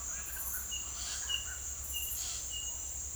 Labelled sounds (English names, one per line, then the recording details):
none
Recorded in secondary vegetation near Puerto Asís, Putumayo, Colombia, on 26 December 2024 at 08:00
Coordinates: 0.488, -76.319
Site GP04